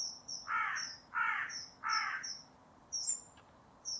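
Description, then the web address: Bird giving three loud harsh cawing calls in quick succession, with thin high chirps running alongside and a few more toward the end. "cianscape. Deverinetal 2025. Bird Only"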